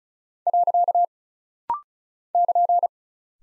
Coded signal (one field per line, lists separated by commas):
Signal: Morse code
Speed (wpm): 35 wpm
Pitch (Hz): 700 Hz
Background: none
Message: . <KN>